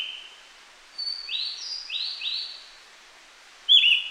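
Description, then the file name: Javan green magpie calls: a series of rising whistled notes, then a sharper, louder call at the end, over light background hiss. "suara burung cissa thalassina ekek keling"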